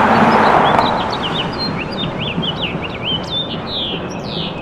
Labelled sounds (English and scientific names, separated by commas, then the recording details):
House Finch (Haemorhous mexicanus) song
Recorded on Long Island, New York, on 8 June 2012
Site MB
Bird B